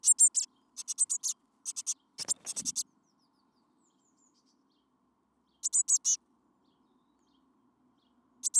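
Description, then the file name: Eurasian blue tit giving rapid series of high, thin call notes in clusters, with a brief scratchy rustle in the middle and a faint low hum. "Cyanistes caeruleus"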